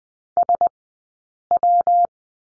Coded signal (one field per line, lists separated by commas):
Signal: Morse code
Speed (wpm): 20 wpm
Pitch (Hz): 700 Hz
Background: none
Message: SW